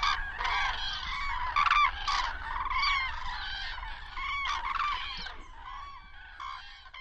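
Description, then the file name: Common crane flock calling, many overlapping loud trumpeting, rolling honks with rich harmonics, in a continuous dense chorus. "Grue cendree"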